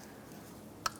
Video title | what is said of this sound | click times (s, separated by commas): How to Replace Engine Knock Sensor 2014-2019 Kia Soul 1.6L L4 | Line it up, push, and you should hear a click like that. | 0.9 s